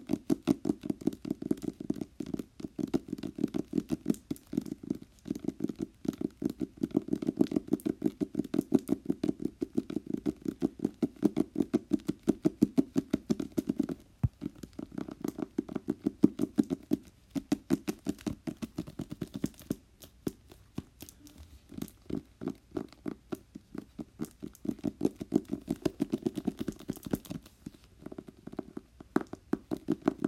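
Rapid, continuous tapping fills the whole clip, a dense stream of sharp little clicks with a dull, woody body. The pace stays fast and fairly even, with brief pauses around the middle and near the end.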